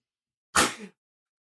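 One abrupt, explosive sneeze from an adult, under half a second, with a sharp burst and quick fade.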